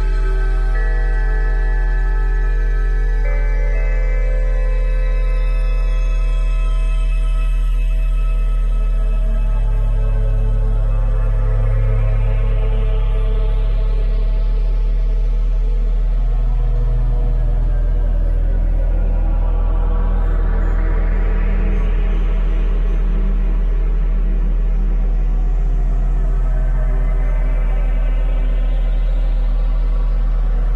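Layered 174Hz, 417Hz and 741Hz tones hum steadily, with a deep low drone and slow bright sweeps rising every eight seconds or so.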